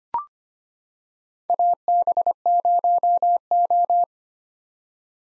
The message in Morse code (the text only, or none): AB0O